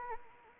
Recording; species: mosquito wingbeat signal from an infrared sensor; Anopheles arabiensis